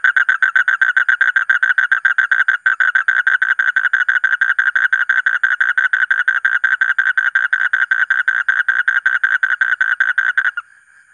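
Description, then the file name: Asian common toad giving a long unbroken run of rapid, rasping pulses, several per second, briefly hitching once before cutting off at the end. "suara kodok bangkong kolong kodok buduk"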